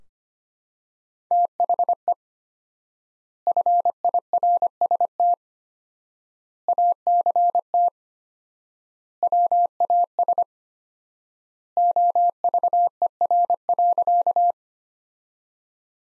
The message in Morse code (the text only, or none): THE FIRST ACT WAS OVER.